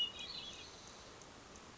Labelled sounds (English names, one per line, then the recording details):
Hermit Thrush
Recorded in Sonoma County, California